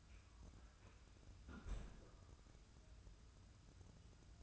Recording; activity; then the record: daily activity, microphone in the room; close fridge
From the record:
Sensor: 2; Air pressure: 994.3 hPa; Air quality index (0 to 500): 212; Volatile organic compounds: 1000 ppm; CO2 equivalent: 7036 ppm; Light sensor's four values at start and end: 131/312/132/137 and 131/312/132/137